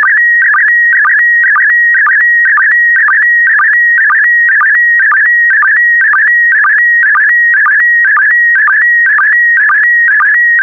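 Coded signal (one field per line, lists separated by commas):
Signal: SSTV (slow-scan television)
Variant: PD120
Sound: steady high whistle broken by rapid warbling chirps about twice a second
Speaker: The next image transmission will start in 10 seconds.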